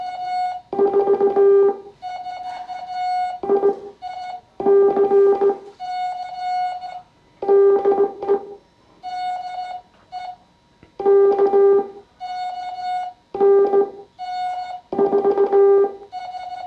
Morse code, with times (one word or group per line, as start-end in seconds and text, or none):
0.8-1.7 4
3.5-3.7 I
4.7-5.5 C
7.5-8.4 DE
11.1-11.8 K
13.4-13.8 N
15.0-15.9 4